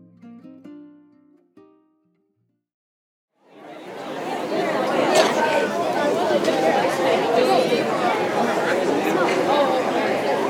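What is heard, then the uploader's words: Outdoors at a fair, a brief tuneful sound fades, a short silence follows, then a dense, steady wash of crowd chatter and bustle fills in. Outside at the Fair.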